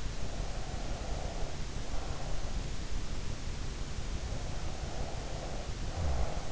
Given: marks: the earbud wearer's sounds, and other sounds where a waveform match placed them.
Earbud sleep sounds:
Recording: sounds in sleep by an in-ear microphone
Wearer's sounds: breath, snoring breath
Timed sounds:
0.29-2.76 s: breath
4.33-6.52 s: snoring breath

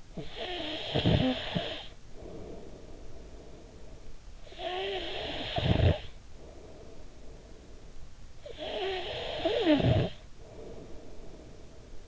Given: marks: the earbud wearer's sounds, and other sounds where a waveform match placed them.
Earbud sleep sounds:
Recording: sounds in sleep by an in-ear microphone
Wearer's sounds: snoring breath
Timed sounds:
0.00-8.13 s: snoring breath
8.31-12.08 s: snoring breath

